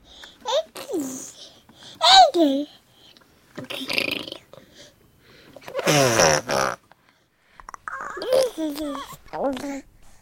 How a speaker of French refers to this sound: Est-ce que le bébé contrôle ses sons ? Ils font pas mal de sons végétatifs, on appelle ça. C'est des sons liés à la digestion, des sons un peu de gutturaux au fond de la gorge, qui sont d'ailleurs tout de suite reconnus par les adultes